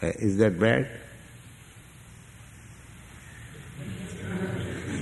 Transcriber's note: laughter